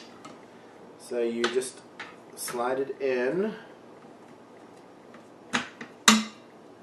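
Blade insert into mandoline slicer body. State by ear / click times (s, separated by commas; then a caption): seated / 6.1 s. A stainless steel blade insert is slid into the body of a Chef's Inspirations Premium V Blade stainless steel mandoline food slicer, and its red locking button is pressed down. Someone talks, then a few small sharp sounds come at 5.5 and 5.8 seconds. A loud sharp click at 6.1 seconds marks the insert locking in place.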